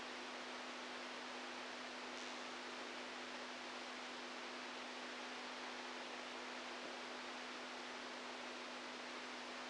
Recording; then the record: brain microelectrode recording played as sound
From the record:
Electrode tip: outside the subthalamic nucleus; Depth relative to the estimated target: 3 mm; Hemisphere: right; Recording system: NeuroSet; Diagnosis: Parkinson's disease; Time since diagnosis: 10 years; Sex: male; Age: 65 years